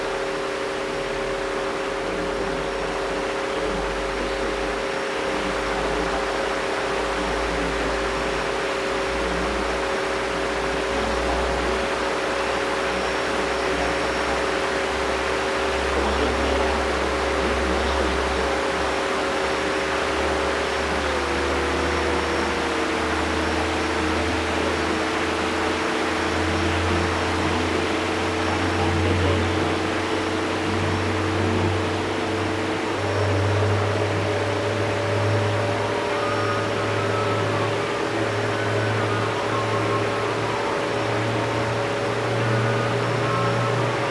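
Shortwave radio hiss holds steady under sustained tones that step down in pitch near 21 seconds and back up around 33, over a low hum.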